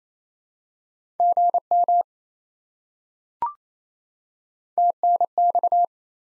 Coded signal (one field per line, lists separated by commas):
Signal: Morse code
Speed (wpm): 28 wpm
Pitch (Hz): 700 Hz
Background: none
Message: GM TNX